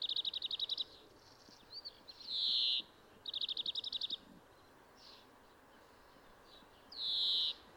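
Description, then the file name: European greenfinch giving fast rattling trills and drawn-out buzzy wheezes, a trill-wheeze pattern repeating twice with brief quieter notes between, over steady background noise. "Chloris chloris"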